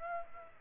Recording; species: mosquito wingbeat signal from an infrared sensor; Aedes aegypti